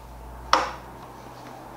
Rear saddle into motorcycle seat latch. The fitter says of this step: that's clicked into place and looks good, so let's check the front seat out.